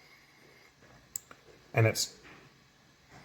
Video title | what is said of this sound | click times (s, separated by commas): D5E Fuel Pump Connector | And it's important that you push it all the way in. And you'll actually hear a little faint click as it goes in. | 1.2 s